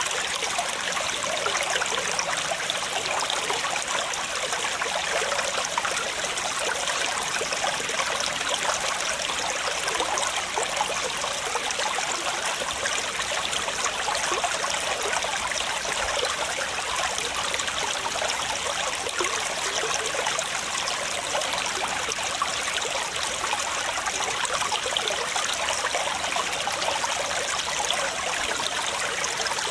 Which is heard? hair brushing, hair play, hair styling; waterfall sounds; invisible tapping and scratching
waterfall sounds